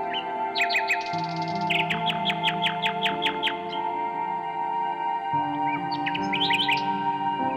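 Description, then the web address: Common nightingale song: a few notes and a high buzzy passage, then a rapid run of repeated notes, then a jumbled phrase near the end, over low droning chords. "Circlesandlines recordings. h wialenove - nightingale song"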